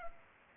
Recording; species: mosquito wingbeat signal from an infrared sensor; Culex pipiens